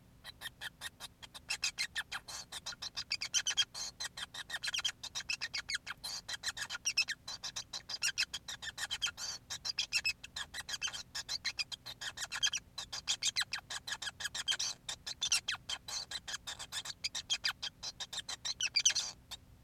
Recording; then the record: song of a male Bengalese finch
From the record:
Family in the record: son of father 5